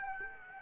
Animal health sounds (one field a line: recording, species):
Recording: mosquito wingbeat signal from an infrared sensor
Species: Aedes aegypti